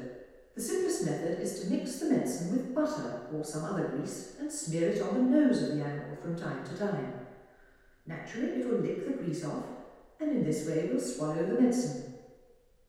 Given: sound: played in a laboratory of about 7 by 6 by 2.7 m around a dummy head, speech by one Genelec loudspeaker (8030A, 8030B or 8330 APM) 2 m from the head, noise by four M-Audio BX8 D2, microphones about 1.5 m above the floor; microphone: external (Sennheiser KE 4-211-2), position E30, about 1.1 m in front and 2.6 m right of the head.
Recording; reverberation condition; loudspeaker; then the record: female speech in English; high; 150 degrees to the left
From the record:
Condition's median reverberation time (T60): about 1300 ms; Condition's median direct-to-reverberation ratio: about -4.0 dB